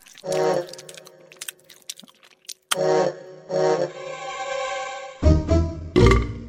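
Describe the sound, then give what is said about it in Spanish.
Chewing and swallowing sounds: wet clicks and crunches around low, voiced gulping tones, ending with a louder burst of rough, noisy munching. “De esta manera, se comió a sus siete hijas, que, como estaban dormidas, ni siquiera se enteraron.”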